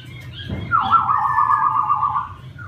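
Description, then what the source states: Laughingthrush giving one long, harsh, buzzy note held steady over a low hum. Wild-type singing in the song style called 'giọng rừng' (forest voice).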